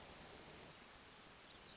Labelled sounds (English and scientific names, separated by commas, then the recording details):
Hermit Thrush (Catharus guttatus)
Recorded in Sonoma County, California